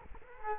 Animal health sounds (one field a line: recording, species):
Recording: mosquito wingbeat signal from an infrared sensor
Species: Culex quinquefasciatus